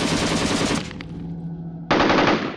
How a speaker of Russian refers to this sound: Издалека, оттуда, где рвануло, донеслось стрекотание, автоматная стрельба.